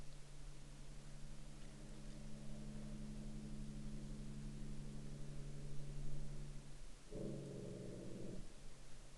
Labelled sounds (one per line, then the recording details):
truck
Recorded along the Dempster Highway, Canada, on 11 October 2020 at 10:42
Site 15